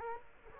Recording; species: mosquito wingbeat signal from an infrared sensor; Culex quinquefasciatus